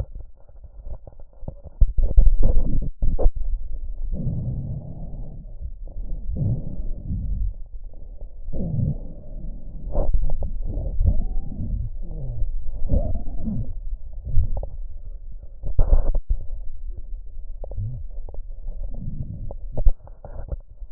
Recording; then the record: lung sounds by stethoscope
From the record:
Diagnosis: emphysema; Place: left posterior upper chest